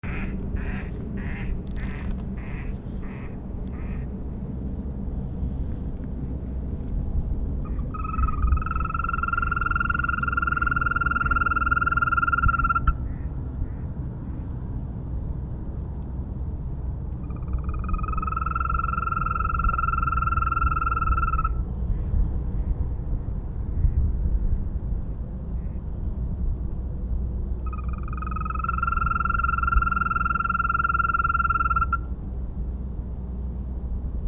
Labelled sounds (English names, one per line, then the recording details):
Green Toad call
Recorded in the wild
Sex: male
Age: adult
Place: Falkenberger Rieselfelder, NSG Falkenberger Rieselfelder, Berlin, DE
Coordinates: 52.5847, 13.5531
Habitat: pound
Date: 2007-04-15 21:16
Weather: Luft 11°C, Wasser ca. 18°C
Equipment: Sound Devices 702, Sennheiser MKH 70, Windkorb
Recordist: Frommolt, Karl-Heinz
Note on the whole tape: Neuausgehobenes Becken im Nordosten des NSG "Falkenbergere Rieselfelder". Rufe einer einzelnen Wechselkröte. Entfernung minimal 5 m. Tier gesehen. Tier sitzt unmittelbar am Rand des Gewässers. Z.T. starke Störungen durch Fluglärm, jedoch stellenweise sehr gut